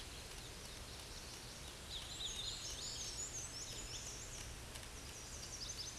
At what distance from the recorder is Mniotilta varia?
about 45 m